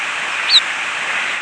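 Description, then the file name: Cave swallow giving a single short, high squeaky note that sweeps downward, heard once over a steady hiss. "casw"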